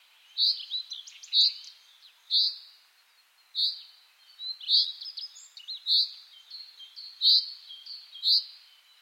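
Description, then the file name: Common chaffinch calling with bright, clipped metallic notes at an uneven pace, roughly one a second, with quieter twittering notes in the gaps. "Fringilla coelebs"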